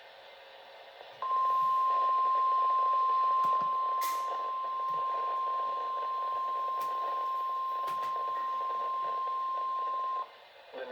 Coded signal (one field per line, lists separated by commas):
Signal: Emergency Alert System (SAME) tones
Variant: 1050 Hz attention tone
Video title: 5/26/26 Severe Thunderstorm Warning for Colorado, Wharton, Fort Bend, & Waller Counties (EAS #57)